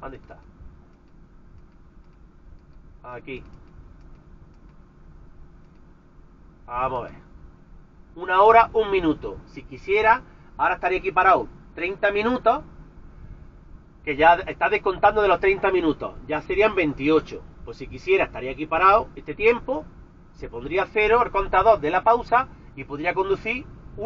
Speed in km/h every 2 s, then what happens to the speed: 0, 0, 0, 0, 0, 0, 0, 0, 0, 0, 0, 0.
0-24 standing.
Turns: none.